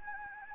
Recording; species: mosquito wingbeat signal from an infrared sensor; Anopheles gambiae